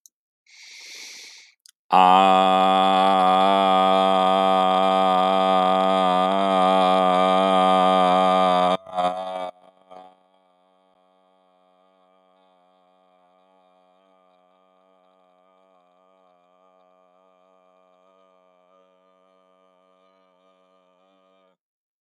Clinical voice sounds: vowel held as long as possible; male; 20 to 29 years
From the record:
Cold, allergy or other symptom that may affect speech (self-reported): no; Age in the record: 22 years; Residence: Indiana, United States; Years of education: 14

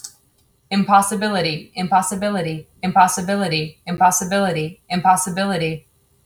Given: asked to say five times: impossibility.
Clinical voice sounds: repeated word; female; 30 to 39 years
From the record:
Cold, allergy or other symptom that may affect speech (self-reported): no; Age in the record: 32 years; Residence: Washington, United States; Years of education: 16

